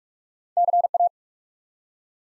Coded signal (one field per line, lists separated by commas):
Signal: Morse code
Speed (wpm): 44 wpm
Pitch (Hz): 700 Hz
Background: none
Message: CA